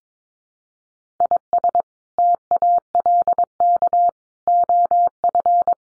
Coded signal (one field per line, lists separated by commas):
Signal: Morse code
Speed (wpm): 22 wpm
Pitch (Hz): 700 Hz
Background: none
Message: IS TALK OF